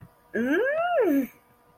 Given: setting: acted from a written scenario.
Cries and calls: vocal sound without words; disgust

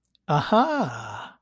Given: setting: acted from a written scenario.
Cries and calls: vocal sound without words; realization

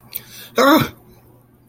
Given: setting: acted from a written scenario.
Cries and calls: vocal sound without words; positive surprise

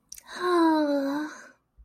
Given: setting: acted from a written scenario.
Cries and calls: vocal sound without words; desire

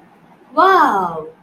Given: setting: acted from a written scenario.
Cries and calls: vocal sound without words; elation

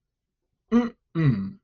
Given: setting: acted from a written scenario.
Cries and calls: vocal sound without words; pride

